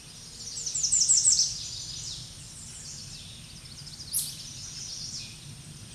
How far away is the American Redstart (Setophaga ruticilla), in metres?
about 5 m